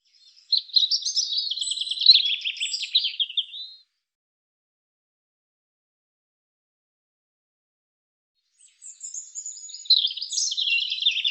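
European robin song with long, high warbling phrases of trills and thin whistles, a phrase of about three seconds followed by a long pause and another beginning.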